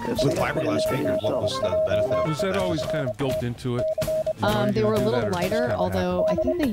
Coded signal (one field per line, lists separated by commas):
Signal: Morse code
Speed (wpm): 25 wpm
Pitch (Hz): 630 Hz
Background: speech, music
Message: SUBJECT CALL D